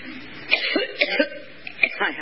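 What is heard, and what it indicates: A rapid run of about five harsh, dry coughs in two seconds from an adult woman during a public speech: a brief coughing fit.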